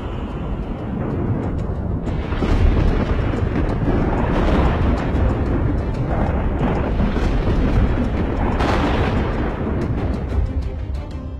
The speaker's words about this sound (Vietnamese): Chỉ thấy hàng loạt những tia sét đánh đùng đùng xuống bầy ma khỉ. Sét đánh trúng, bầy khỉ rụng như xác khô. Một hồi ở bên khu rừng ở bên ấy, tiếng nổ cứ đùng đùng, cứ như là người ta nổ ngô giang ấy.